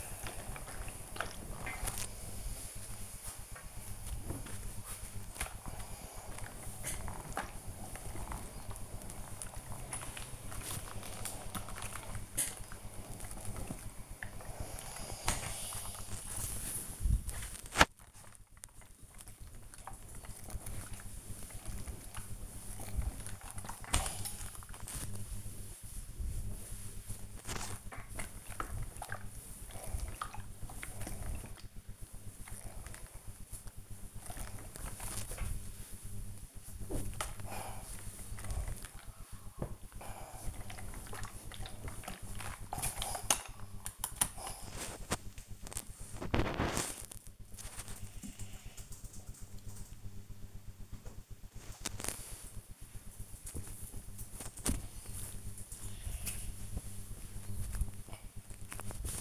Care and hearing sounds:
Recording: household activities, microphone on the right wrist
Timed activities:
0.00-45.39 s: ironing laundry
50.41-59.21 s: folding laundry

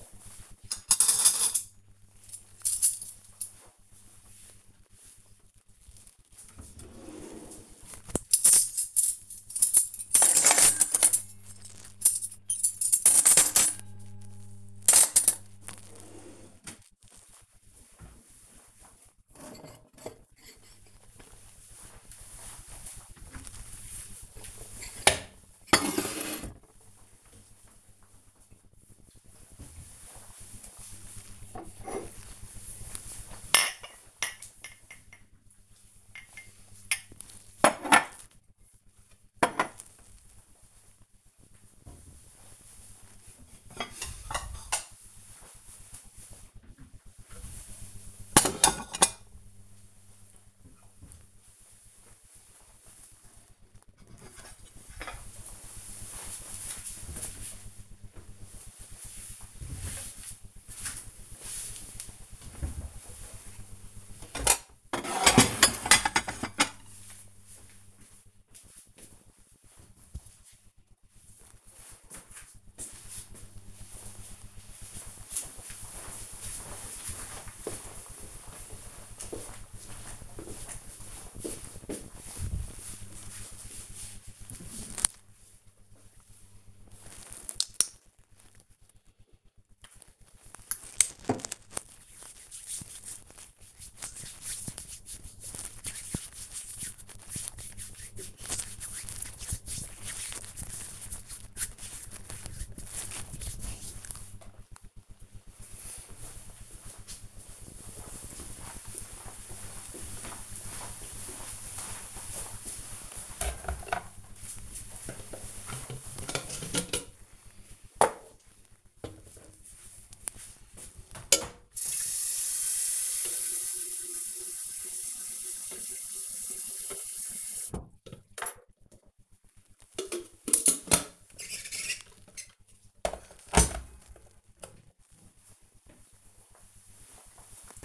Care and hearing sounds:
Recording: household activities, microphone on the right wrist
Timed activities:
0.00-69.53 s: putting away the dishes
84.65-103.79 s: disinfecting hands
112.85-137.85 s: making tea

